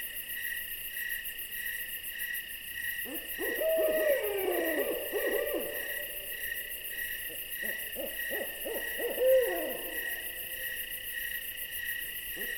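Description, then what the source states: Owl giving two bursts of rapid, quavering notes, each with a sliding note, under a constant high insect chorus. An owl visiting.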